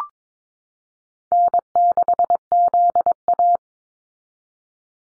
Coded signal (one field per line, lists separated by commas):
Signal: Morse code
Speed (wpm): 22 wpm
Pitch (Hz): 700 Hz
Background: none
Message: N6ZA